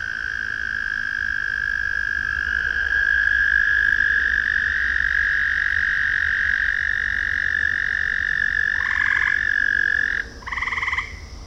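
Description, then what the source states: Frogs calling at night: a long steady trilling tone runs throughout, joined near the end by short pulsed croaks in quick bursts. Frogs recorded in a ravine at night.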